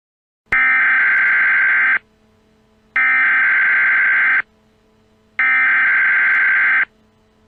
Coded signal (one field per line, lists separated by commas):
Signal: Emergency Alert System (SAME) tones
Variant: header bursts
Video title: EAS Erie, PA Scenario- The Terror After the Storm